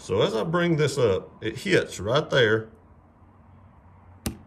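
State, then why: Partly seated. Someone talks while raising a Shield Arms magazine into the frame of a Glock 43X MOS pistol, where the magazine body hits a ledge inside the frame. After a quiet pause, a single sharp click at 4.3 s is the magazine popping up over the ledge. It has not latched yet and needs a further push to click into place, because the ledge, which shows a roughed-up spot, is causing the seating issue.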